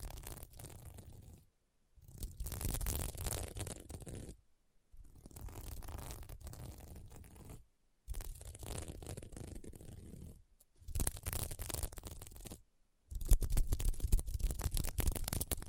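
Scratching across a sequin mermaid pillow comes in bursts of dense, crackly rasping, each lasting one to three seconds and broken by short silences. The strokes have a gritty, crunchy texture with a low rumble underneath, and the last burst grows louder and more clicky.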